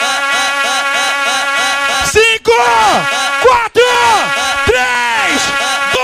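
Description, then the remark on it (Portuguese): A live party crowd at the Karibe venue, including Paysandu and Remo fans, yells and whoops loudly and continuously when asked to shout, a dense wall of shouting voices over ringing, tonal music, with two brief sharp dropouts partway through. “E quem vai sair do Caribe muito chapado hoje dá um grito.”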